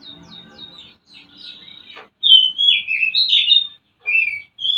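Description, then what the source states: Oriental magpie-robin song: faint, thin notes at first, then loud, clear whistled phrases with short pauses between them. Used as a lure to stimulate a bird in breeding condition to sing.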